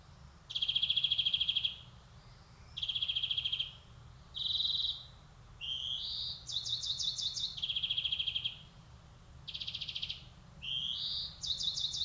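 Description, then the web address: European greenfinch alternating long, even high trills with rising twangy notes and buzzy pulsed phrases, nearly continuous, against a low constant hum. "SETE data Chloris chloris"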